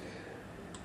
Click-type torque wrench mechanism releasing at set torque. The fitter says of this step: you will there's an audible click and you can also feel it through the wrench as well and